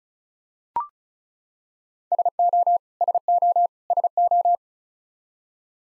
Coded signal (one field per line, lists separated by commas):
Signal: Morse code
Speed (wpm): 36 wpm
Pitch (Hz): 700 Hz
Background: none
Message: SO SO SO